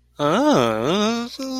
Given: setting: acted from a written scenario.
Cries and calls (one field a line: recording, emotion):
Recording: vocal sound without words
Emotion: embarrassment